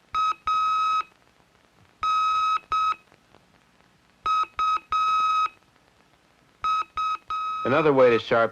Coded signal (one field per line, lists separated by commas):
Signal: Morse code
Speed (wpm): 7 wpm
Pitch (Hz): 1270 Hz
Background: speech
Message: A N U F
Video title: Vintage Amateur Radio ham MEMORIES 1960s 1970 history a film restoration SW CB computer social media